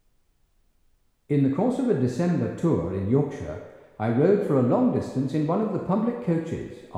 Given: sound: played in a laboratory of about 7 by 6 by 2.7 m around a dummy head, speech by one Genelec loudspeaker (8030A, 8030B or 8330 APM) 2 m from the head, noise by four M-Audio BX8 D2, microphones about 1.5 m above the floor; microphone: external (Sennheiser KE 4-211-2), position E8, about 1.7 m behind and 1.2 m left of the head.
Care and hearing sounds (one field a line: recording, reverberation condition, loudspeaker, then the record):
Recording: male speech in English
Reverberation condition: high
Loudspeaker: 150 degrees to the left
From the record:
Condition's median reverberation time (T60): about 1300 ms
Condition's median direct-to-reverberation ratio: about -4.0 dB